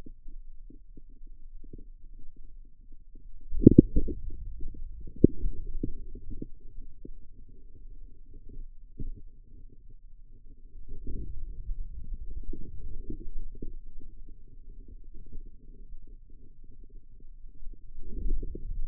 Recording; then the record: forearm muscle sounds (acoustic myography)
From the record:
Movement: inward rotation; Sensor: system 2, bracelet of six BSWA MPA416 microphones around the upper forearm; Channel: 4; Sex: male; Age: 22 years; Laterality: right